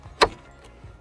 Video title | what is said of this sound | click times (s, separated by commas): How To Fit a Thule Bike Rack to a Caravan, Straightforward Right? | and then it locks into place | 0.2 s